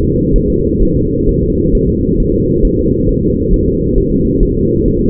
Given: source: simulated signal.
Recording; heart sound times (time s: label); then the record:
fetal heart sounds
0.03 s: S2
0.36 s: S1
0.50 s: S2
0.83 s: S1
0.97 s: S2
1.29 s: S1
1.43 s: S2
1.75 s: S1
1.89 s: S2
2.20 s: S1
2.34 s: S2
2.65 s: S1
2.79 s: S2
3.09 s: S1
3.23 s: S2
3.53 s: S1
3.68 s: S2
3.98 s: S1
4.12 s: S2
4.43 s: S1
4.57 s: S2
4.88 s: S1
5.02 s: S2
From the record:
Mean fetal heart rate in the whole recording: 130 bpm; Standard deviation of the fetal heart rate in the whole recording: 4 bpm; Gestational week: 38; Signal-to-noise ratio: -14.7 dB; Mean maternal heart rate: 72 bpm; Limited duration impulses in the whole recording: present